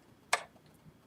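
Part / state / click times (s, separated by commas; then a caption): bobbin winder lever on a sewing machine / seated / 0.3 s. The small plastic bobbin-winder lever on a sewing machine is pushed toward the bobbin until it clicks into the winding position. A single sharp click sounds at 0.3 s against near silence. The lever is seated in place.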